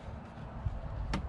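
A flat-head screwdriver is run along the seam of a computer monitor's plastic housing and twisted until an internal plastic snap clip of the bezel lets go. A sharp click sounds at 1.1 seconds over low background rumble. The clip pops open and releases.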